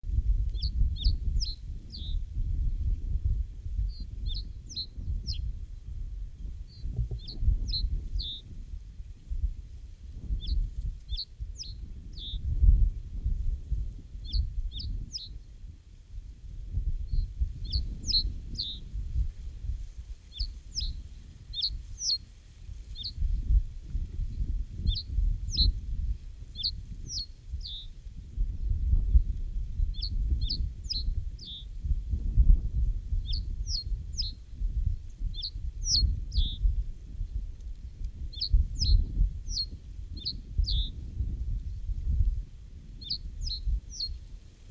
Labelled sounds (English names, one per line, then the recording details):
Reed Bunting song
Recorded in the wild
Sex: male
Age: adult
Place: Hüde, Niedersachsen, DE
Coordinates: 52.485, 8.32222
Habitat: moor, lake
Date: 1970-05-07
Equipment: Uher 4000 Report-S, Bändchenmikro Beyer M 260, Parabolspiegel Polyester (470 mm)
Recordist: Conrads, Klaus